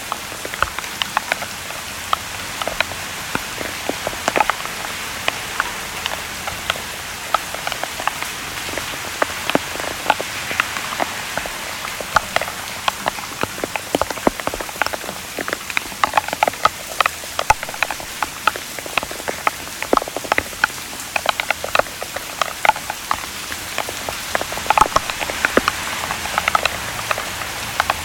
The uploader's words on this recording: Modulating Rain Drops with Atmospheric Traffic. This was recorded in LA during Hurricane Hillary.